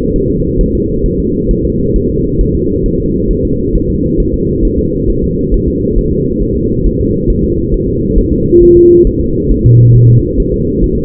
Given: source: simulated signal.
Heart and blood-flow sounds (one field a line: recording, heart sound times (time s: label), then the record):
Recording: fetal heart sounds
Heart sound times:
0.16 s: S1
0.30 s: S2
0.61 s: S1
0.75 s: S2
1.06 s: S1
1.20 s: S2
1.51 s: S1
1.65 s: S2
1.96 s: S1
2.10 s: S2
2.41 s: S1
2.55 s: S2
2.86 s: S1
3.00 s: S2
3.31 s: S1
3.45 s: S2
3.75 s: S1
3.90 s: S2
4.20 s: S1
4.34 s: S2
4.65 s: S1
4.79 s: S2
5.10 s: S1
5.24 s: S2
5.54 s: S1
5.68 s: S2
5.98 s: S1
6.13 s: S2
6.42 s: S1
6.57 s: S2
6.86 s: S1
7.01 s: S2
7.30 s: S1
7.44 s: S2
7.74 s: S1
7.89 s: S2
8.18 s: S1
8.33 s: S2
8.63 s: S1
8.77 s: S2
9.07 s: S1
9.21 s: S2
9.51 s: S1
9.66 s: S2
9.96 s: S1
10.10 s: S2
10.40 s: S1
10.54 s: S2
10.84 s: S1
10.98 s: S2
From the record:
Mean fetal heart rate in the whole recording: 135 bpm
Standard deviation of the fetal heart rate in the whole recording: 3 bpm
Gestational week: 36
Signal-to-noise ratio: -14.7 dB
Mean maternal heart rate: 72 bpm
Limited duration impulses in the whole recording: present